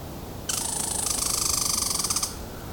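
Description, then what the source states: Red Squirrel chatter: a fast, dry, buzzy rattle of rapid pulses lasting nearly two seconds, then stopping abruptly. Heard while looking for crossbills in southern Ontario.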